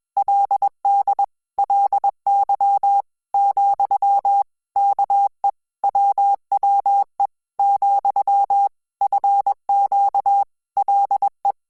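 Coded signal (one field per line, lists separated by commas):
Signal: Morse code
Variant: Korean alphabet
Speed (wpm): 21 wpm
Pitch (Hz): 800 Hz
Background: none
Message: 그 게 , 아 빠 , 내 가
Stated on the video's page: Hangul Morse listening practice sent at 20 WPM.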